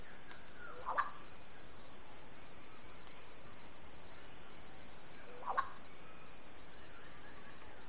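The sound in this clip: Yellow-faced myna giving two short, sharp calls about four and a half seconds apart over a steady, high insect drone.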